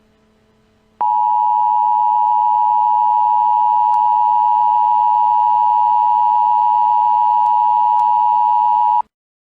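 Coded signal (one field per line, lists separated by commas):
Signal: Emergency Alert System (SAME) tones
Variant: 853 and 960 Hz attention tone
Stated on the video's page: Fictional EAS scenario of a terrorist attack on a Central Pennsylvania mall, made for entertainment.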